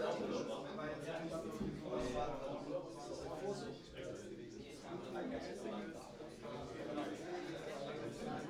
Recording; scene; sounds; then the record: everyday scene through a hearing-aid microphone; many people talking; many voices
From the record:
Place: bistro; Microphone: in the ear canal, right